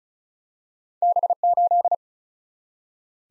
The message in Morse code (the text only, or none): B8